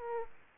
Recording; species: mosquito wingbeat signal from an infrared sensor; Aedes aegypti